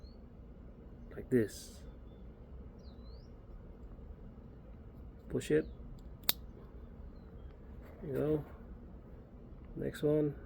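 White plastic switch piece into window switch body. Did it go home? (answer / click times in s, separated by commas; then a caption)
yes / 6.3 s. A white plastic piece is pushed into the window switch body of a 2012 Kia Sportage while someone talks. It snaps fully into place with one sharp click at 6.3 seconds.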